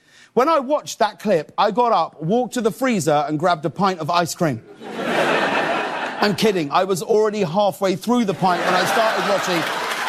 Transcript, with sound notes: When I watched that clip, I got up, walked to the freezer and grabbed a pint of ice cream.
(LAUGHTER)
I'm kidding. I was already halfway through the pint when I started watching.